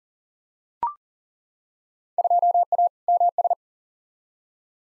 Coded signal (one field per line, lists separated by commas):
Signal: Morse code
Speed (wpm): 40 wpm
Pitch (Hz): 700 Hz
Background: none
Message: 2A MS